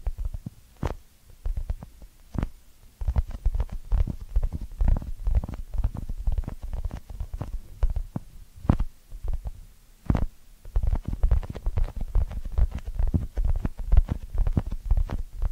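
Ear cleaning sounds: dense, irregular crackling and rubbing with many short clicks and pops, heavy in the low end with bright snaps reaching high. A quieter gap comes near the start, then the scratching runs busily and unevenly to the end.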